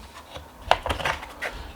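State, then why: Seated. A steel Ribe bit socket from a US PRO 2238 set is pushed into a 1/2 inch to 10mm socket adapter, giving a sharp metallic hit at 0.7 s as it pops in. A few lighter metallic clatters follow around 0.9–1.1 s, and the bit socket ends up locked in place securely and firmly.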